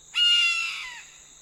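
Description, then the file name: Red-throated caracara giving one harsh, rasping call lasting nearly a second and sliding downward, against a thin continuous high hum. "Canto do gaviao de anta"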